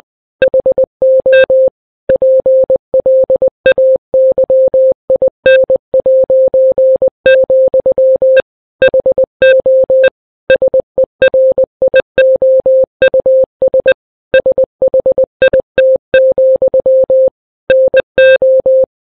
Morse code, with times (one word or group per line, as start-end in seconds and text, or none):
0.4-1.7 HO
2.1-8.4 PLAYIN',
8.8-10.1 HO
10.5-13.9 SERIOUS
14.3-17.3 SHIT,
17.7-18.8 NO